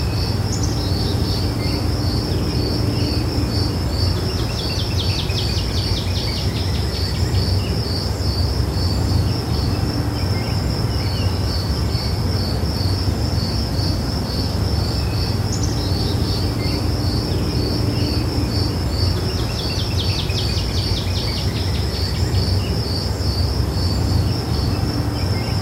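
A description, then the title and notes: Outdoors in a park, a high, steady insect trill runs the whole time as rapid, even pulses, with bird chirps breaking in around 1, 8 and 16 seconds and again near 19 seconds. Underneath lies a constant low rumble, like traffic or wind. A peaceful stroll through a park and listen to the soothing sounds of nature.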